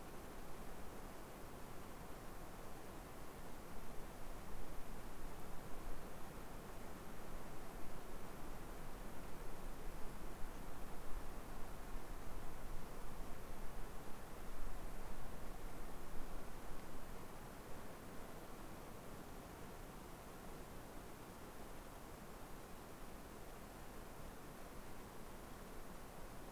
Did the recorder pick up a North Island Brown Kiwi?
no